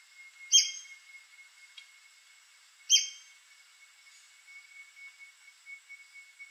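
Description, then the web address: White-crested spadebill with two harsh, explosive squeaks about two and a half seconds apart, over a steady thin whistle tone and faint chirping. "sound White-crested-spadebill. دانلود-صدای-پرنده-بیلچه-نوک-کاکل-سفید"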